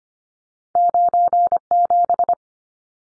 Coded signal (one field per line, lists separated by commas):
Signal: Morse code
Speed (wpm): 25 wpm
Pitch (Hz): 700 Hz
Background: none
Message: 97